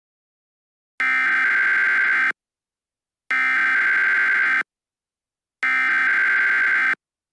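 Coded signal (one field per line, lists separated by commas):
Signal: Emergency Alert System (SAME) tones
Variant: header bursts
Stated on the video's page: Fictional EAS scenario.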